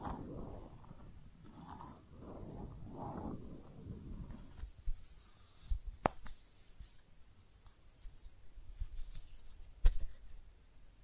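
Makeup tapping and scratching, with dense low rustling scratches for the first four seconds, then quieter sparse sharp taps, notably near six and ten seconds.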